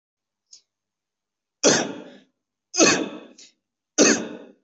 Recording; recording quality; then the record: heavy voluntary cough; excellent, no background noise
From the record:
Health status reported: COVID-19 positive, mild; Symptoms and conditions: cough, cold, fever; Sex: male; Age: 24 years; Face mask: not worn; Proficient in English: no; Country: India